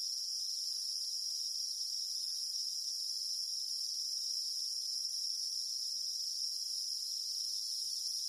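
Cicada song, a shrill sustained buzz running without pause throughout, steady in pitch.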